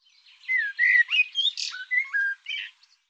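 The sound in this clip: Bird song as one continuous phrase of squeaky, slurred whistles, rising and falling notes strung quickly together over about two seconds.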